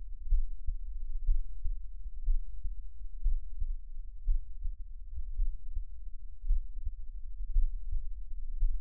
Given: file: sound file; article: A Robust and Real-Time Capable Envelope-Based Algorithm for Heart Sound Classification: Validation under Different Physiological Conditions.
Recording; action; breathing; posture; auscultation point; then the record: heart sounds by electronic stethoscope; rest; normal; lying on back; Erb’s point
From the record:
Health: healthy, no known heart disease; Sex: male